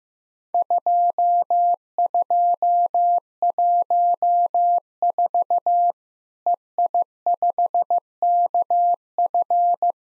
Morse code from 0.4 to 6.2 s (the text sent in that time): 2214